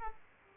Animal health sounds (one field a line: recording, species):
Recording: mosquito wingbeat signal from an infrared sensor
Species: Aedes aegypti